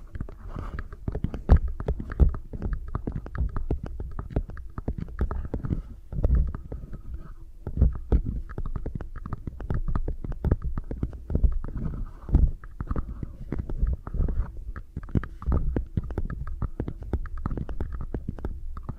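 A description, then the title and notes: Muffled ASMR triggers with no talking: a dense run of soft taps, rubs and crackles sitting mostly in the low, thick range. The sounds come continuously and irregularly, with slightly louder bumps now and then, and a faint steady hum underneath. ASMR for People Who Like Sensitive Triggers (No Talking).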